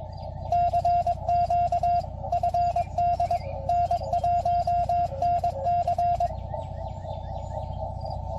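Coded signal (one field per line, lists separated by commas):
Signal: Morse code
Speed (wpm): 22 wpm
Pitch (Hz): 700 Hz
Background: none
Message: CQ FD N1NC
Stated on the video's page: CW operating during Field Day.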